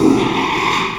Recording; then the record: squeal of a Yucatan mini pig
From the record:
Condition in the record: after surgery on the right vocal fold (resection and tissue-engineered implant); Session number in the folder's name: 1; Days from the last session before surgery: 6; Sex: male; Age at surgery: 12 weeks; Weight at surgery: 13 kg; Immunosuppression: cyclosporine, prednisolone